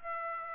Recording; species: mosquito wingbeat signal from an infrared sensor; Aedes aegypti